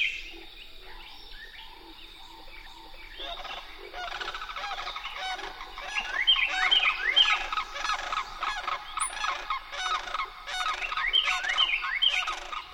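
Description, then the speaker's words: Sandhill cranes in guttural rattling courtship duet, growing louder midway, while a Carolina wren repeats bright downslurred notes alongside. Guttural courtship calls of a pair of sandhill cranes, recorded in a marsh in a national wildlife refuge in Georgia, USA; Carolina wren song also present. "This one, captured at Crane Marsh in the Okefenokee National Wildlife Refuge in Georgia, features the song of a Carolina wren and the guttural courtship of a pair of sandhill cranes."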